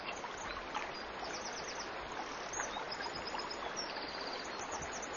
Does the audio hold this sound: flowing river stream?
yes